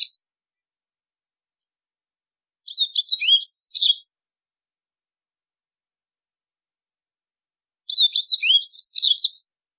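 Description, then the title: White-throated seedeater repeating its twittering song phrase about every five seconds; the tail of one phrase opens, then two full phrases of high chirps follow. "Canto Do Golinha"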